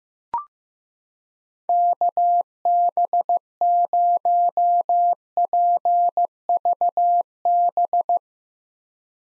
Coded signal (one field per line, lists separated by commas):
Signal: Morse code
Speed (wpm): 15 wpm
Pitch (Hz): 700 Hz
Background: none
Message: KB0PVB